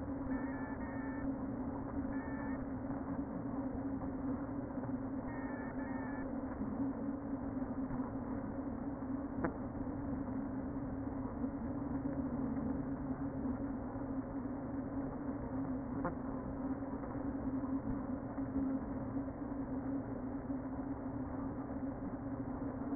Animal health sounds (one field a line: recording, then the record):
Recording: honeybee colony, microphone inside the hive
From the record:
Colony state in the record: queen present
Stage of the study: before two queens were removed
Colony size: about 60,000 bees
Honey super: yes